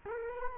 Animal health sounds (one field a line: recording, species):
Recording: mosquito wingbeat signal from an infrared sensor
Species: Culex quinquefasciatus